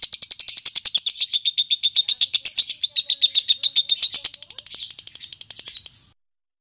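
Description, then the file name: Lovebird song, a long burst of quick, high, scratchy chirps delivered in rapid succession, stopping abruptly just before the end. Lovebird Fretty. "audio lovebird fretty"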